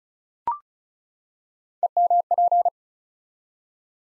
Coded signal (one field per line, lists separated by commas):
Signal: Morse code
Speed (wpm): 36 wpm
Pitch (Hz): 700 Hz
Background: none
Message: EMP